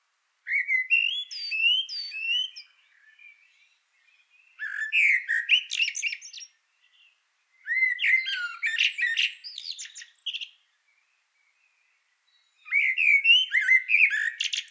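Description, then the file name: Common blackbird song: four phrases, each a low mellow fluted warble sliding into high, squeaky twittering, separated by pauses of one to three seconds; background otherwise quiet. "Turdus merula"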